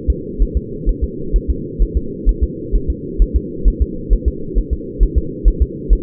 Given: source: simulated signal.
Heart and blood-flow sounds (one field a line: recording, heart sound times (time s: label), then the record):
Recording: fetal heart sounds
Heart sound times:
0.10 s: S2
0.42 s: S1
0.57 s: S2
0.89 s: S1
1.04 s: S2
1.36 s: S1
1.50 s: S2
1.82 s: S1
1.97 s: S2
2.29 s: S1
2.44 s: S2
2.76 s: S1
2.90 s: S2
3.22 s: S1
3.36 s: S2
3.68 s: S1
3.82 s: S2
4.13 s: S1
4.28 s: S2
4.58 s: S1
4.73 s: S2
5.03 s: S1
5.18 s: S2
5.48 s: S1
5.62 s: S2
5.93 s: S1
From the record:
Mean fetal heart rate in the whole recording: 130 bpm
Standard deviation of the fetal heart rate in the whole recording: 2 bpm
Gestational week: 36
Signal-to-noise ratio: -4.3 dB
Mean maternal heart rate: 72 bpm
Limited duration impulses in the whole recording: absent